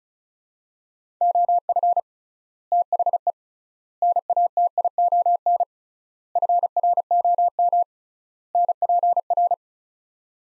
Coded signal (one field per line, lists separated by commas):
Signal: Morse code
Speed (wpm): 36 wpm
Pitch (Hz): 700 Hz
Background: none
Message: OF THE NATION FROM NPR